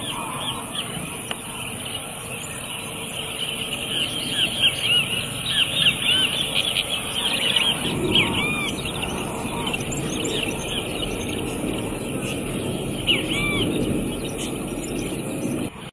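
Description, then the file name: Cattle tyrant song: scattered high squeaky notes and short twittering runs throughout, with a persistent low rumble in the background. "canto do suiriri Cavaleiro"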